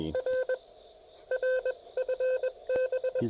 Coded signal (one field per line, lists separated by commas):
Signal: Morse code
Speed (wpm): 23 wpm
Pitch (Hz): 530 Hz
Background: none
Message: R R FB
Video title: POTA Field Report: South Mountains State Park with a guest logger!